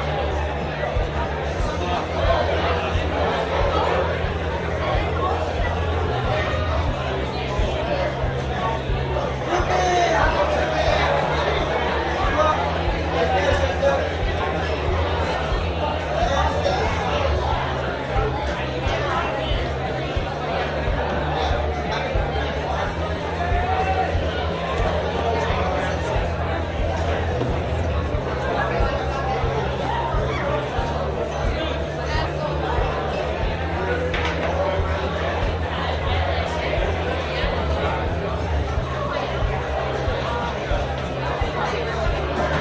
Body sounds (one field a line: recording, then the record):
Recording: background sound without coughing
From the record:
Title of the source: CITY SOUNDS Busy Bar in the Evening Night - 2 HOURS of Ambiance for Relaxation